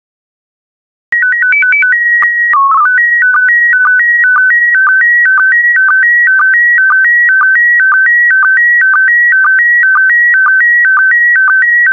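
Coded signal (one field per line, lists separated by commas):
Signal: SSTV (slow-scan television)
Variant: PD120 mode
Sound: short header tones, then steady warbling tones stepping between two pitches with regular low blips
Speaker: complete you can now check your decoded image against the picture that is shown on the video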